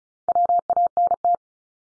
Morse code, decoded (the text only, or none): WANT